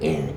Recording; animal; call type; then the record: contact call of a hoofed animal; pig; closed-mouth grunt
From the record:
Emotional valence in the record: negative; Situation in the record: short social isolation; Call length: 0.37 s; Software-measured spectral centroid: 1840 Hz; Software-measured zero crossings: 910 a second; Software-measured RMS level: -24 dBFS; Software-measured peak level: -11 dBFS